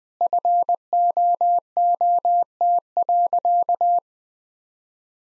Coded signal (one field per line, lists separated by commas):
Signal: Morse code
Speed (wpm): 20 wpm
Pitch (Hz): 700 Hz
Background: none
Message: FOOT.